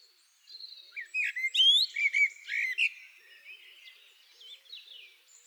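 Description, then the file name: Common blackbird song: a fluty warbled phrase of slurred whistles that ends in a softer, thin, squeaky twitter trailing off over the last seconds. "Turdus merula"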